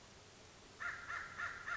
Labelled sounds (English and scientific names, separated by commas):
American Crow (Corvus brachyrhynchos)